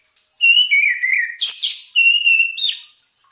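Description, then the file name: Orange-headed thrush song with long, pure whistled notes, a brief harsh rasping sound in the middle, then another level whistle. Lure sound played so the bird does not get stressed. "suara pancingan burung anis merah agar tidak stress"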